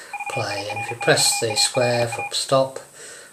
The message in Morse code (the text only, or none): VIRTUALA